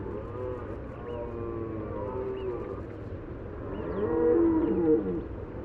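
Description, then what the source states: Red deer roaring with deep wavering moans that swell louder near the end, over a constant low hum. Bellowing during the rut.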